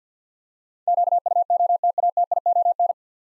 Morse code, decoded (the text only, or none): QUOTATION